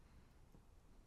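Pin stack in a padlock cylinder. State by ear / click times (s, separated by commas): not seated / none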